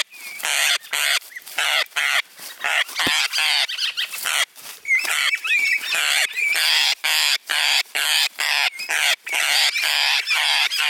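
Parrot squawking in harsh, noisy bursts, repeated rapidly with short gaps across the whole stretch, a few thin whistled notes in between.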